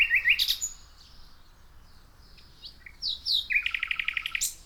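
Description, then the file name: Common nightingale song with brief rattles and soft whistles, ending in a rapid loud series of repeated chirping notes. "Luscinia megarhynchos"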